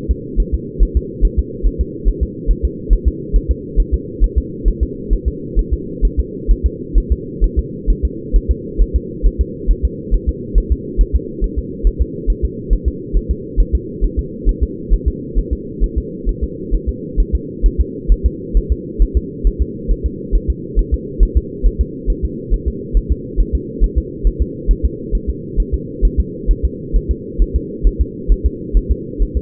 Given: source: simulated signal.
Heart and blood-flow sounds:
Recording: fetal heart sounds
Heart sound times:
0.11 s: S2
0.40 s: S1
0.55 s: S2
0.83 s: S1
0.97 s: S2
1.25 s: S1
1.39 s: S2
1.67 s: S1
1.81 s: S2
2.09 s: S1
2.23 s: S2
2.51 s: S1
2.65 s: S2
2.93 s: S1
3.08 s: S2
3.36 s: S1
3.51 s: S2
3.80 s: S1
3.94 s: S2
4.24 s: S1
4.38 s: S2
4.68 s: S1
4.83 s: S2
5.13 s: S1
5.28 s: S2
5.59 s: S1
5.74 s: S2
6.05 s: S1
6.19 s: S2
6.51 s: S1
6.66 s: S2
6.98 s: S1
7.12 s: S2
7.44 s: S1
7.59 s: S2
7.90 s: S1
8.05 s: S2
8.36 s: S1
8.51 s: S2
8.82 s: S1
8.96 s: S2
9.26 s: S1
9.41 s: S2
9.71 s: S1
9.85 s: S2
10.15 s: S1
10.29 s: S2
10.58 s: S1
10.72 s: S2
11.01 s: S1
11.16 s: S2
11.44 s: S1
11.59 s: S2
11.87 s: S1
12.02 s: S2
12.30 s: S1
12.45 s: S2
12.73 s: S1
12.88 s: S2
13.17 s: S1
13.31 s: S2
13.60 s: S1
13.75 s: S2
14.04 s: S1
14.19 s: S2
14.49 s: S1
14.63 s: S2
14.94 s: S1
15.08 s: S2
15.38 s: S1
15.53 s: S2
15.84 s: S1
15.98 s: S2
16.29 s: S1
16.44 s: S2
16.75 s: S1
16.89 s: S2
17.20 s: S1
17.35 s: S2
17.66 s: S1
17.81 s: S2
18.12 s: S1
18.26 s: S2
18.57 s: S1
18.72 s: S2
19.02 s: S1
19.17 s: S2
19.47 s: S1
19.62 s: S2
19.91 s: S1
20.06 s: S2
20.35 s: S1
20.50 s: S2
20.79 s: S1
20.94 s: S2
21.23 s: S1
21.37 s: S2
21.66 s: S1
21.81 s: S2
22.10 s: S1
22.25 s: S2
22.54 s: S1
22.68 s: S2
22.97 s: S1
23.12 s: S2
23.40 s: S1
23.55 s: S2
23.84 s: S1
23.98 s: S2
24.27 s: S1
24.42 s: S2
24.71 s: S1
24.85 s: S2
25.15 s: S1
25.30 s: S2
25.60 s: S1
25.74 s: S2
26.05 s: S1
26.20 s: S2
26.51 s: S1
26.65 s: S2
26.96 s: S1
27.11 s: S2
27.42 s: S1
27.56 s: S2
27.87 s: S1
28.01 s: S2
28.32 s: S1
28.46 s: S2
28.77 s: S1
28.91 s: S2
29.22 s: S1
29.37 s: S2
From the record:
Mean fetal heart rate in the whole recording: 135 bpm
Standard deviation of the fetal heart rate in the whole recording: 3 bpm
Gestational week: 36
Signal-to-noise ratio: -4.1 dB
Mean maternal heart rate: no maternal heart sound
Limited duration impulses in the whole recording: absent

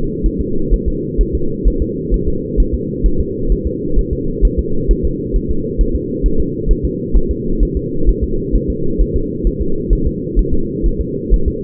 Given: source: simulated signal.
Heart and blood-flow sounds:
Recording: fetal heart sounds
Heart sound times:
0.26 s: S1
0.41 s: S2
0.73 s: S1
0.88 s: S2
1.21 s: S1
1.35 s: S2
1.68 s: S1
1.82 s: S2
2.14 s: S1
2.28 s: S2
2.60 s: S1
2.74 s: S2
3.06 s: S1
3.20 s: S2
3.52 s: S1
3.67 s: S2
3.99 s: S1
4.13 s: S2
4.45 s: S1
4.59 s: S2
4.91 s: S1
5.05 s: S2
5.36 s: S1
5.51 s: S2
5.81 s: S1
5.95 s: S2
6.26 s: S1
6.40 s: S2
6.71 s: S1
6.85 s: S2
7.17 s: S1
7.31 s: S2
7.63 s: S1
7.77 s: S2
8.09 s: S1
8.23 s: S2
8.55 s: S1
8.70 s: S2
9.01 s: S1
9.16 s: S2
9.47 s: S1
9.61 s: S2
9.93 s: S1
10.07 s: S2
10.39 s: S1
10.54 s: S2
10.86 s: S1
11.01 s: S2
11.34 s: S1
11.48 s: S2
From the record:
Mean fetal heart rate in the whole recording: 130 bpm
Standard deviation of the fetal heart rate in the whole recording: 2 bpm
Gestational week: 36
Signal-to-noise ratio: -8.1 dB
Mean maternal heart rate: 72 bpm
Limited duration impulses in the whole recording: absent

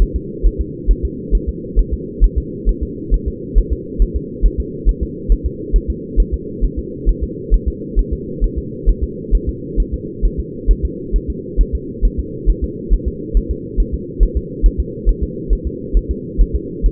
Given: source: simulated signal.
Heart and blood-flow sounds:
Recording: fetal heart sounds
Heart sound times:
0.02 s: S1
0.16 s: S2
0.46 s: S1
0.61 s: S2
0.91 s: S1
1.05 s: S2
1.35 s: S1
1.49 s: S2
1.79 s: S1
1.93 s: S2
2.24 s: S1
2.38 s: S2
2.69 s: S1
2.83 s: S2
3.14 s: S1
3.28 s: S2
3.58 s: S1
3.72 s: S2
4.02 s: S1
4.16 s: S2
4.46 s: S1
4.60 s: S2
4.89 s: S1
5.03 s: S2
5.32 s: S1
5.46 s: S2
5.76 s: S1
5.90 s: S2
6.20 s: S1
6.34 s: S2
6.64 s: S1
6.79 s: S2
7.09 s: S1
7.23 s: S2
7.54 s: S1
7.68 s: S2
7.99 s: S1
8.13 s: S2
8.44 s: S1
8.58 s: S2
8.89 s: S1
9.03 s: S2
9.35 s: S1
9.49 s: S2
9.80 s: S1
9.94 s: S2
10.25 s: S1
10.39 s: S2
10.71 s: S1
10.85 s: S2
11.16 s: S1
11.30 s: S2
11.61 s: S1
11.75 s: S2
12.05 s: S1
12.19 s: S2
12.50 s: S1
12.64 s: S2
12.93 s: S1
13.08 s: S2
13.37 s: S1
13.51 s: S2
13.80 s: S1
13.94 s: S2
14.23 s: S1
14.37 s: S2
14.66 s: S1
14.80 s: S2
15.09 s: S1
15.23 s: S2
15.53 s: S1
15.67 s: S2
15.97 s: S1
16.11 s: S2
16.41 s: S1
16.55 s: S2
16.86 s: S1
From the record:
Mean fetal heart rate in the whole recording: 135 bpm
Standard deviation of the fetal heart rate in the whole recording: 3 bpm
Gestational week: 36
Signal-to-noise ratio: -4.1 dB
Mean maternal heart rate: no maternal heart sound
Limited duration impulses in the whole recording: absent

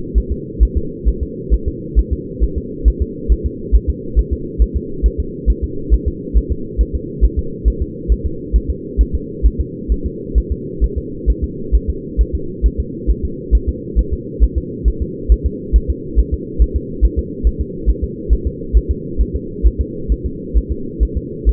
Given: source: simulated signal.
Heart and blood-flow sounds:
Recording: fetal heart sounds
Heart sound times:
0.18 s: S1
0.32 s: S2
0.63 s: S1
0.77 s: S2
1.09 s: S1
1.23 s: S2
1.54 s: S1
1.68 s: S2
1.99 s: S1
2.13 s: S2
2.44 s: S1
2.58 s: S2
2.88 s: S1
3.02 s: S2
3.32 s: S1
3.46 s: S2
3.75 s: S1
3.90 s: S2
4.19 s: S1
4.33 s: S2
4.62 s: S1
4.76 s: S2
5.06 s: S1
5.20 s: S2
5.50 s: S1
5.64 s: S2
5.94 s: S1
6.08 s: S2
6.38 s: S1
6.52 s: S2
6.81 s: S1
6.95 s: S2
7.25 s: S1
7.39 s: S2
7.68 s: S1
7.82 s: S2
8.12 s: S1
8.26 s: S2
8.56 s: S1
8.70 s: S2
9.01 s: S1
9.15 s: S2
9.46 s: S1
9.61 s: S2
9.92 s: S1
10.06 s: S2
10.38 s: S1
10.52 s: S2
10.84 s: S1
10.98 s: S2
11.30 s: S1
11.44 s: S2
11.75 s: S1
11.90 s: S2
12.21 s: S1
12.35 s: S2
12.66 s: S1
12.80 s: S2
13.11 s: S1
13.25 s: S2
13.55 s: S1
13.69 s: S2
13.99 s: S1
14.13 s: S2
14.44 s: S1
14.58 s: S2
14.88 s: S1
15.02 s: S2
15.32 s: S1
15.46 s: S2
15.76 s: S1
15.90 s: S2
16.20 s: S1
16.34 s: S2
16.62 s: S1
16.76 s: S2
17.05 s: S1
17.19 s: S2
17.47 s: S1
17.61 s: S2
17.90 s: S1
18.04 s: S2
18.33 s: S1
18.47 s: S2
18.77 s: S1
18.91 s: S2
19.21 s: S1
19.36 s: S2
19.67 s: S1
19.81 s: S2
20.12 s: S1
20.26 s: S2
20.57 s: S1
20.72 s: S2
21.03 s: S1
21.17 s: S2
21.49 s: S1
From the record:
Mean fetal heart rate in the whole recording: 135 bpm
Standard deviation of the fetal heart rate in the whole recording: 3 bpm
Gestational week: 34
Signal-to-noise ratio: -4.3 dB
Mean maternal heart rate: 72 bpm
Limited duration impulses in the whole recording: absent

